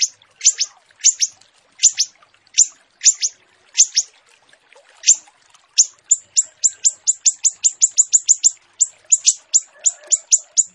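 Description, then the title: Zebra finch chirping in a rapid series of short, sharp, high notes, first in loose pairs and then in a quicker, steadier run toward the end. Training recording (masteran) of the bird singing vigorously (gacor). "Masteran Burung Tembakan Gacor"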